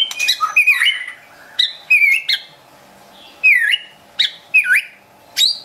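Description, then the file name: White-rumped shama song of loud, varied whistled phrases with sharp rising and falling notes, given in bursts separated by short pauses, over a steady low hum. Wild bird from forest near Medan, singing actively (gacor). "suara burung murai batu hutan medan gacor"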